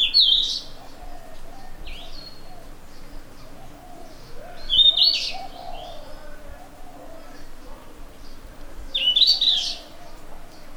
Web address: Ficedula zanthopygia song. birds of the ussr